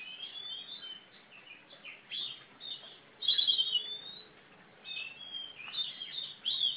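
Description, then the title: Oriental magpie-robin singing quietly: irregular whistled phrases and chirps, with one louder, richer burst midway. Female competition bird from East Java, national first-place champion; described as gacor (singing constantly), tarung (fighting) type, black (hitam), poci. "Kacer Juara 1 Nasional gacor kacer juara nasional jawa timur kacer tarung betina poci gacor hitam"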